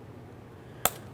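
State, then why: Seated. A door lock cable housing's grooved plastic section is slid into its handle bracket on a front exterior door handle of a 2013-2020 Ford Fusion. After a quiet stretch, a single sharp click comes at 0.9 s as the housing seats in the bracket.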